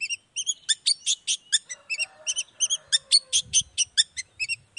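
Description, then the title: Long-tailed shrike song of quick, sharp chattering notes in a steady rapid series, with a softer warbling phrase underneath midway. Morning song of an actively singing ('gacor') cendet with a 'toet toet' variation, played once to make other shrikes respond quickly and excitedly. "Langsung NYAUTTTTT ! Cendet Gacor Dor Di Kala Pagi Toet Toet Variasi Suara J. Cendet Gacor Langsung Nyaut Emosi Hanya dengan Sekali Putar Bikin Cendet Lainya Cepat Respon Bunyi"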